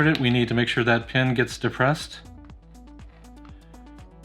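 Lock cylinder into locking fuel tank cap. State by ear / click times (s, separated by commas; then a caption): not seated / none. Someone talks while the locking pin on a plastic and metal lock cylinder for a Chevy Caprice PPV locking fuel tank cap is held depressed and the cylinder is lined up with the gas cap. Quiet tonal music follows with a few faint ticks. Nothing has seated or clicked yet; the cylinder has not been pushed home.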